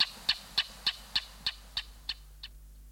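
Rusty blackbird with a steady series of nine dry, harsh chack notes spaced evenly about a third of a second apart, fading away at the end.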